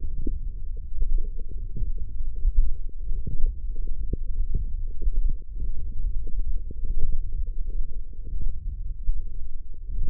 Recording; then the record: forearm muscle sounds (acoustic myography)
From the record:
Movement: wrist flexion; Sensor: system 1, eight BSWA MPA416 microphones around the upper forearm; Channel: 6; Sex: male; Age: 23 years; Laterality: right